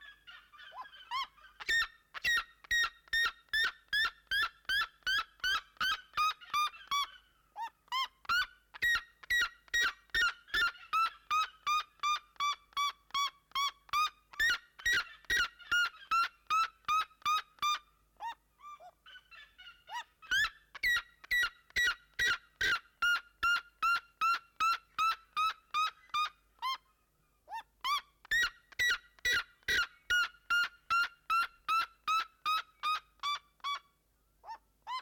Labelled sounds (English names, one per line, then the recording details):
Red-legged Seriema call
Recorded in captivity
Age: adult
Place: Zoo Berlin, Berlin, DE
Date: 1992-11-07 11:46
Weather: bedeckt, 14°C
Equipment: Marantz CP 430, Sennheiser ME 80, Kopie Tesla B 116
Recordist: Tembrock, Günter